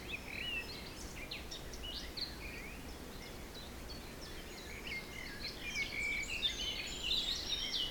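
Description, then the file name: Birds give scattered high chirps and short warbles, a busier burst of twittering toward the end, all over a steady wind rush. Forest in spring, windy weather of force 3 Beaufort, recorded at 1 pm. "Forest Spring Birds Windy 3 bft 1 pm"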